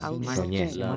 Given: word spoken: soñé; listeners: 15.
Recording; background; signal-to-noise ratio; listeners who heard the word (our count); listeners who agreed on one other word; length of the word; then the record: one Spanish word in noise, from a listening test; four-talker babble; 0.5 dB; 1 of 15; 10 of 15; 0.56 s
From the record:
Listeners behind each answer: 10, 2, 1, 1, 1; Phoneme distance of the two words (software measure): 10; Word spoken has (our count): 2 syllables, 4 phonemes, stress on syllable 2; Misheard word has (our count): 2 syllables, 4 phonemes, stress on syllable 2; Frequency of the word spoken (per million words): 3.29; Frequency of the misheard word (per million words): 0.01